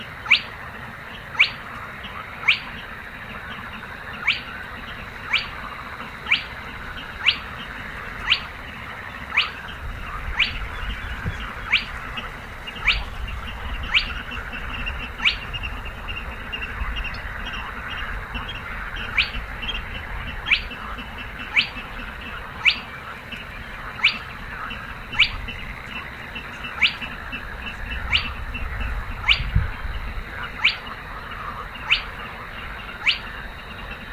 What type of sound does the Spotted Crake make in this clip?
song